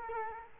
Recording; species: mosquito wingbeat signal from an infrared sensor; Culex quinquefasciatus